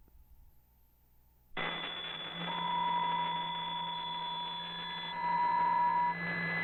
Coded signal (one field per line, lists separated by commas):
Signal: PSK63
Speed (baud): 62.5 baud